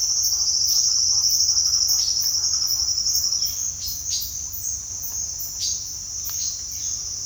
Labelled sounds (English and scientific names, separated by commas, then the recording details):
Speckled Chachalaca (Ortalis guttata), Silver-beaked Tanager (Ramphocelus carbo)
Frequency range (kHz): Silver-beaked Tanager (Ramphocelus carbo) 1.6-13.0 kHz
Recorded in dense forest near Puerto Asís, Putumayo, Colombia, on 18 February 2024 at 07:00
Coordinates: 0.496, -76.326
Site G6383